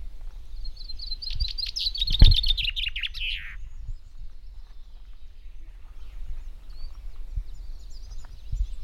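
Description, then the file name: Common chaffinch singing one bright phrase of quick repeated notes that tumble downward to a terminal flourish, followed by quieter scattered high notes and a steady low rumble. "Fringilla coelebs"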